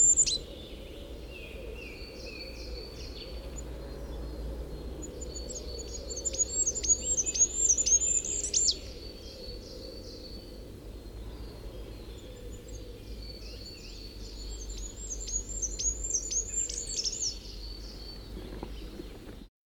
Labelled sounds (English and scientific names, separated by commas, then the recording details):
Goldcrest (Regulus regulus) song
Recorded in the wild
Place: Gingst, Gingster Heide, Mecklenburg-Vorpommern, DE
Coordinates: 54.47, 13.334
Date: 1975-05-01
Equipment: Nagra III BH, Sennheiser MD 21, parabola
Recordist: Schubert, Michael
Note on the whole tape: Gesang Wintergoldhähnchen, sirrende Langrufe